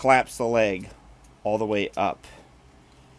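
Someone talks while the plastic leg section of a Transformers War for Cybertron Kingdom Commander Class Rodimus Prime figure is collapsed all the way up into the toy. Faint, quiet handling noise follows the speech. Nothing has clicked or seated yet, so the leg is not yet home.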